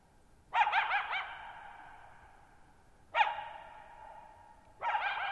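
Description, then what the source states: Coyote giving a quavering, wobbling yip series, then two more barks, each trailing off into lingering echoes over near silence. Lone coyote at night, July 14, 2019, near Thirtymile Meadows, Okanogan National Forest, Okanogan High Country, Pacific Northwest, 6400 ft (1950 m); high dry plateau with tall sharp mountains, shallow bowl-shaped meadows forming a natural amphitheater.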